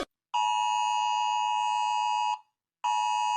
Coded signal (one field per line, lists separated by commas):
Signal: Emergency Alert System (SAME) tones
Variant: 853 and 960 Hz attention tone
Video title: Rating EAS alarms from around the world based on how scary they are